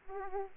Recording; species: mosquito wingbeat signal from an infrared sensor; Aedes aegypti